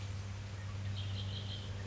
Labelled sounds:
Red-winged Blackbird
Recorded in Sonoma County, California

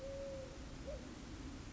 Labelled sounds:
Eurasian Collared Dove
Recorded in Sonoma County, California

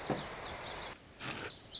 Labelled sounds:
Lazuli Bunting
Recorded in Sonoma County, California

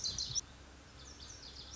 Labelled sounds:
Lazuli Bunting
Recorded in Sonoma County, California

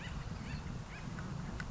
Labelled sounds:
Acorn Woodpecker
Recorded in Sonoma County, California

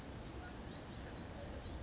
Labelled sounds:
Blue-gray Gnatcatcher
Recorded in Sonoma County, California

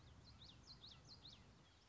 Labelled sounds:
Common Yellowthroat
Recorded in Sonoma County, California

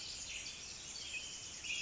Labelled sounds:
Pacific Wren
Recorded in Sonoma County, California

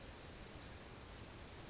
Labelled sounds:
Oak Titmouse
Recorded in Sonoma County, California

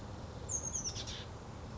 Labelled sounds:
Oak Titmouse
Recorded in Sonoma County, California

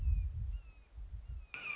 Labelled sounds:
Red-shouldered Hawk
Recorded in Sonoma County, California

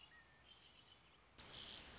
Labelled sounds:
Red-winged Blackbird
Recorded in Sonoma County, California

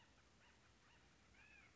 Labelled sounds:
Acorn Woodpecker
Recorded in Sonoma County, California

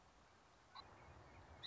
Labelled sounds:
Song Sparrow
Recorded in Sonoma County, California

